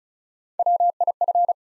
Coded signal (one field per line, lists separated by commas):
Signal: Morse code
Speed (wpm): 36 wpm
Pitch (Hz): 700 Hz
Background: none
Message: WIF